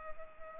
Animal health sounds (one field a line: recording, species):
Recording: mosquito wingbeat signal from an infrared sensor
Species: Culex pipiens